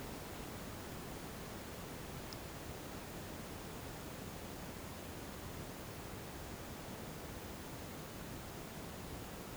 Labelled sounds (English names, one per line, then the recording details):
none
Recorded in pastures near Puerto Asís, Putumayo, Colombia, on 21 March 2025 at 14:30
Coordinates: 0.486, -76.323
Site G075